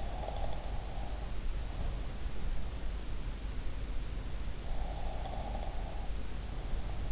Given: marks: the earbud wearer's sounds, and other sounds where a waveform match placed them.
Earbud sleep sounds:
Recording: sounds in sleep by an in-ear microphone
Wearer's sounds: snoring breath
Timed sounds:
0.00-2.11 s: snoring breath
4.87-7.12 s: snoring breath

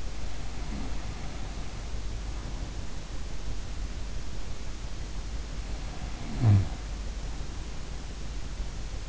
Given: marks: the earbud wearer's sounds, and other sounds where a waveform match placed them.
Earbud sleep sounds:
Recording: sounds in sleep by an in-ear microphone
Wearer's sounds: breath, snoring breath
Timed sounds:
0.00-3.05 s: breath
5.23-8.79 s: snoring breath

